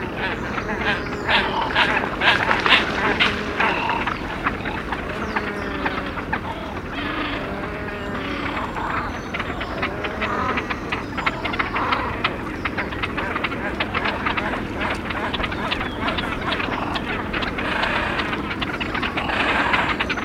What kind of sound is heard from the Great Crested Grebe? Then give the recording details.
call. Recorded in the wild. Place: Schwerin, Mecklenburg-Vorpommern, DE. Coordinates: 53.636, 11.401. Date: 1975-05-09 03:45. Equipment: Nagra III BH, Sennheiser MD 21, parabola. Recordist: Schubert, Michael